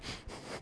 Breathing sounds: one breath in and out by a microphone near the nose and mouth; strong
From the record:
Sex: male

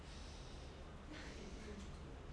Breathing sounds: one breath in and out by a microphone near the nose and mouth; normal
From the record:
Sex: male

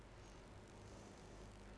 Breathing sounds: one breath in and out by a microphone near the nose and mouth; normal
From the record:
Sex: female

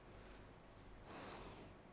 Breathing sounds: one breath in and out by a microphone near the nose and mouth; normal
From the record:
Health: marked as sick, illness not named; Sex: female

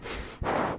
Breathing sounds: one breath in and out by a microphone near the nose and mouth; strong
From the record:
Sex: male

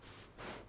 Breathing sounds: one breath in and out by a microphone near the nose and mouth; strong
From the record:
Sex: male

